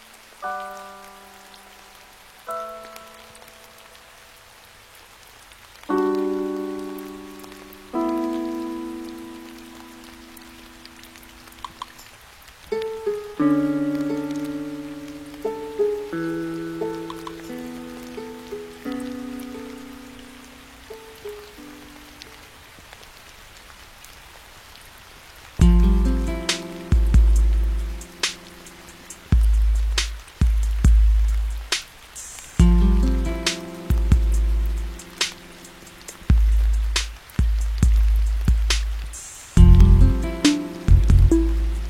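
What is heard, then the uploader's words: Music with rain sounds: soft, sustained chords ring out and fade, changing every couple of seconds over a faint hiss. Around the halfway point a deep, pulsing bass enters in regular bursts, joined by crisp, bright ticks and patters scattered through the rest. Music w/ Rain Sounds.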